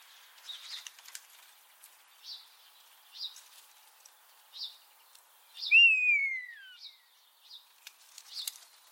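Common starling: short chirps at intervals of about a second, then a loud, drawn-out descending whistle, followed by a few more chirps and clicks.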